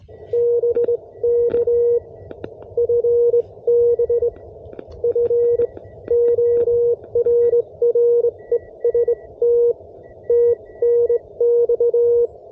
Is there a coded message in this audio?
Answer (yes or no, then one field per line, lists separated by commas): yes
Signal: Morse code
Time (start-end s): 0.3-12.3 s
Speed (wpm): 21 wpm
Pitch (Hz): 470 Hz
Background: none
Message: BK FB FORREST TNX